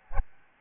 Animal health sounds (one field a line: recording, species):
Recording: mosquito wingbeat signal from an infrared sensor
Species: Aedes albopictus